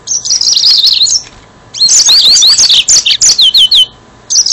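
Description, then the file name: Yellow-fronted canary: a burst of high warbling, a short pause, then a series of looping slurred whistles repeated several times. "mozambik"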